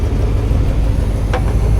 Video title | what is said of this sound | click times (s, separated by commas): Test Drive 1979 Pontiac Trans Am SOLD $12,900 Maple Motors #2847 | the latch down here you need to make sure it's pushed in it's not pushed in it won't lat | 1.3 s